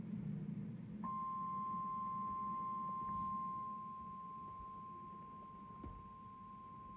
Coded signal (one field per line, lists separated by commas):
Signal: Emergency Alert System (SAME) tones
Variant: 1050 Hz attention tone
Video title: Is it Spring already??? EAS Alerts From 12-28-2025